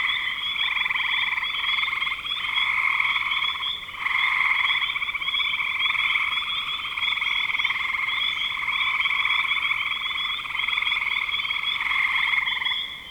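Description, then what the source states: Chorus of frogs giving continuous high-pitched trills, briefly thinning a few times. Recorded in spring 2025.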